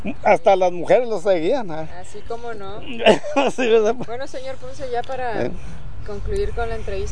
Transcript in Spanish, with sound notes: Hasta las mujeres lo seguían a él.
Así, ¿cómo no? (risas)
Sí, ¿verdad?
Bueno señor Ponce ya para concluir con la entrevista.